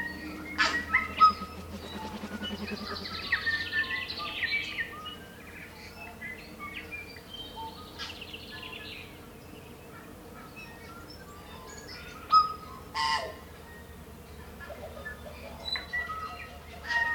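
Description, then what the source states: Tui song: scattered whistles, clicks and buzzy trills, louder in bursts near the start and end, with other birds in the chorus and a faint low hum. Morning chorus, New Zealand.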